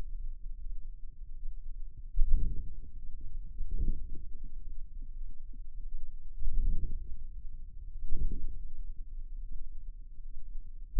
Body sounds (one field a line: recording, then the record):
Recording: forearm muscle sounds (acoustic myography)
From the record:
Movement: hand closing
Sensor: system 2, bracelet of six BSWA MPA416 microphones around the upper forearm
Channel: 4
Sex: female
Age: 23 years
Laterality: right